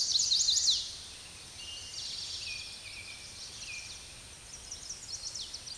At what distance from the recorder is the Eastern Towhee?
about 35 m